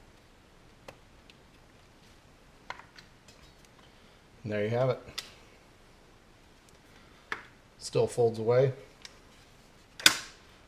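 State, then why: Seated. A precision rifle chassis's folding stock is swung from folded back to open, with faint handling ticks and someone talking along the way. Its hinge latch snaps shut with a sharp, loud metallic click at 10.1 s, and the stock locks open in place.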